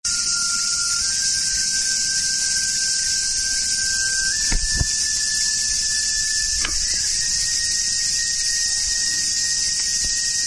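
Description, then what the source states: Cicada song, a steady high hissing drone throughout, under sustained flute notes that step up in pitch partway through, with a few brief low knocks. Recorded together with a shakuhachi flute.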